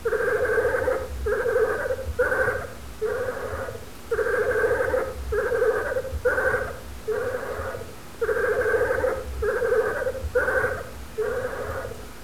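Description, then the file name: European badger screeching: a long run of drawn-out, tonal, wailing cries in quick succession, over a low hum. "Blaireau Crissement"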